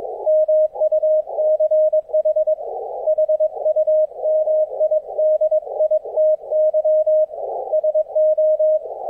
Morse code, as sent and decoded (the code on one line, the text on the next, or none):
-- ..- -.-. .... / .... ..- -- .. -.. .. - -.-- / ... ---
MUCH HUMIDITY SO